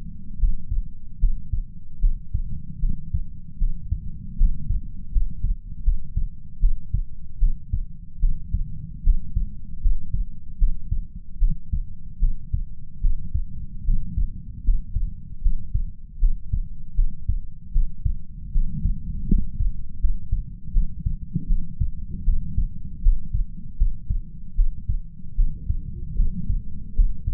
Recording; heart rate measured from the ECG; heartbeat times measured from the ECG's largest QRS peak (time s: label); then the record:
heart sounds by stethoscope; 77 bpm
0.37 s: heartbeat
1.18 s: heartbeat
1.98 s: heartbeat
2.78 s: heartbeat
3.57 s: heartbeat
4.35 s: heartbeat
5.10 s: heartbeat
5.82 s: heartbeat
6.58 s: heartbeat
7.38 s: heartbeat
8.19 s: heartbeat
9.02 s: heartbeat
9.79 s: heartbeat
10.57 s: heartbeat
11.37 s: heartbeat
12.18 s: heartbeat
13.00 s: heartbeat
13.83 s: heartbeat
14.62 s: heartbeat
15.40 s: heartbeat
16.18 s: heartbeat
16.94 s: heartbeat
17.71 s: heartbeat
18.50 s: heartbeat
19.26 s: heartbeat
19.98 s: heartbeat
20.71 s: heartbeat
21.46 s: heartbeat
22.23 s: heartbeat
23.01 s: heartbeat
23.76 s: heartbeat
24.54 s: heartbeat
25.34 s: heartbeat
26.14 s: heartbeat
26.94 s: heartbeat
From the record:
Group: healthy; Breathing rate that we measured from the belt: 13 breaths a minute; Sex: female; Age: 26 years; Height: 165 cm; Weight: 55 kg